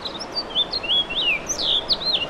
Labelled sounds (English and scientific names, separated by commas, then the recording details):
House Finch (Haemorhous mexicanus) song
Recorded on Long Island, New York, on 2 June 2012
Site CP
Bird B